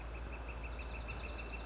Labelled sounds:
Northern Flicker
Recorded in Sonoma County, California

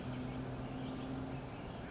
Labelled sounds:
California Towhee
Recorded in Sonoma County, California

